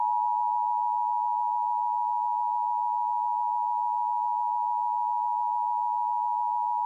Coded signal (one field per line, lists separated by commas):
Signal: Emergency Alert System (SAME) tones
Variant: 853 and 960 Hz attention tone